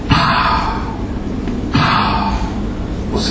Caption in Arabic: Aortic incompetence ومعاها فانكشنال aortic stenosis. تلاقي الصمام يجي يقفل مش عارف يقفل. فاروح عامل ايه؟ ميرمر الاورتيك. انكومبتنس الشهير. الميرمر ده لما الدم يرجع من الاورطه كده للليفت فنتري.